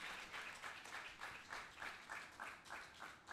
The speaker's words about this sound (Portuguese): Palmas para ele. Está ali o Grara.